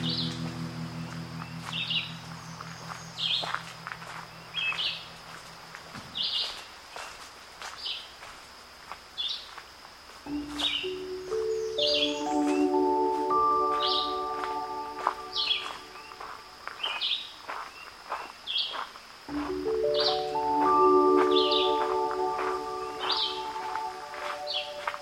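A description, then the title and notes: On a Florida nature trail, a bird chirps brightly about once a second over a thin, steady high insect whine. A low rumble fades early on, then a stepped, rising mechanical drone swells twice, around ten and twenty seconds in. Today’s Soundwalk was taken April 8th 2022 along the Palm Hammock Trail at Merritt Island NWR in Florida.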